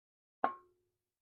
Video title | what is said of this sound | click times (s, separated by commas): EJ20x Swapping a 2017 STI - What needs to be changed/modified, does it work? | spins slowly and you'll watch it will click into place | 0.4 s